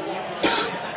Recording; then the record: coughing mixed with background sound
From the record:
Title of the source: 64 coughing, allergies, singing lungs